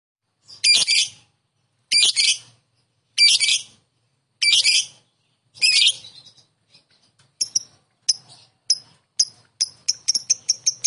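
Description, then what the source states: Lovebird giving five harsh, buzzy high bursts about every second and a quarter, then a quickening series of sharp, ringing chips toward the end. Konslet song.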